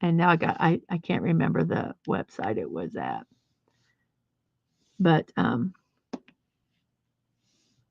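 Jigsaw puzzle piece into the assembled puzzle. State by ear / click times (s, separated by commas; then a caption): seated / 6.1 s. Someone talks while a cardboard piece of a Starry Night jigsaw puzzle is pressed in between its neighbours in the assembled puzzle. A short, sharp click is heard at 6.1 s, followed by a fainter tick just after. The piece seats in place, fitting perfectly.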